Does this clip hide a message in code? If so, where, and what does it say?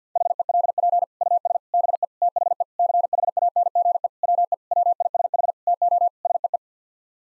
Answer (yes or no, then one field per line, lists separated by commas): yes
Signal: Morse code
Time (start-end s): 0.2-6.6 s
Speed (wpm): 50 wpm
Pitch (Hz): 700 Hz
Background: none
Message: HELP US BE THE CHANGE WE WISH TO SEE